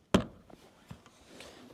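An anchor alignment bar for a 63 Industries Karga System back seat storage install on a Toyota Tacoma is hooked onto the installed child seat anchors of the truck's rear seat and pushed down to keep the anchors aligned. A sharp, loud click at 0.1 s marks the bar clipping down and seating, followed by a few faint ticks and low background noise.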